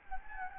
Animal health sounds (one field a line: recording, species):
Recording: mosquito wingbeat signal from an infrared sensor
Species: Anopheles gambiae